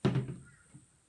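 A coax stripping tool's clamp lever is released on an RG6 coaxial cable after the tool has been rotated around it, giving a loud, low thunk at 0.05 s that rings briefly and fades. A faint second knock follows near 0.8 s, and the lever ends up released.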